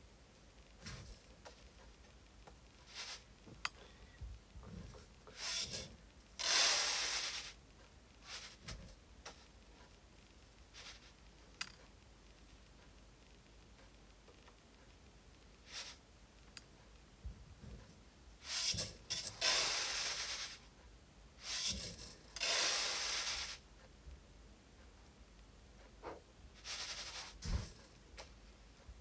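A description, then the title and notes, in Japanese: Rice being readied for shipment and checked, with bursts of hissing, pouring rustle as grains shift, around 6–7 seconds and again near 19, 22 and 27 seconds. Between them come scattered short clicks, taps and soft knocks from handling, over a quiet low hum. 環境音 お米出荷準備(点検)。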